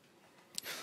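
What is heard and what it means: After adjusting the bearing preload ring, a push-on non-drive-side end cap is pressed onto the hub axle of a Mavic Cosmic SL bicycle wheel. Over a quiet background, a single sharp click sounds at 0.6 s, followed by a brief burst of broadband noise. The end cap is seated.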